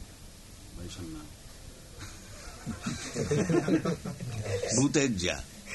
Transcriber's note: laughter